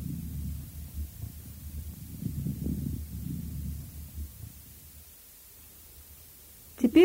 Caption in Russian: В правой аксиллярной области в проекции бронхоэктазов на фоне ослабленного дыхания вы услышите незвонкие мелкопузырчатые хрипы, что свидетельствует о том, что мокрота главным образом скапливается в мелких бронхах.